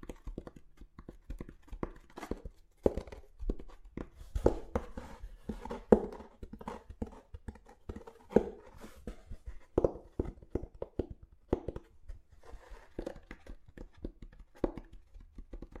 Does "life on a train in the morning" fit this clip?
no